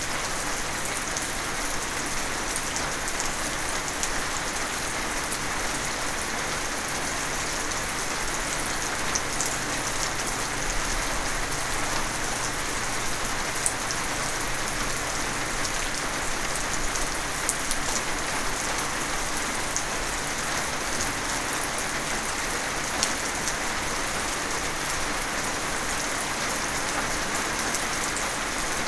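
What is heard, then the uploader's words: Steady, dense rain falls evenly throughout, a bright continuous hiss with occasional closer drop taps and a faint low hum underneath. The Rain.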